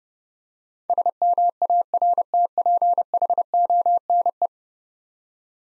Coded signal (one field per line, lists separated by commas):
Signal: Morse code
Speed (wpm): 30 wpm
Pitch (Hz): 700 Hz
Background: none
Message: SMARTPHONE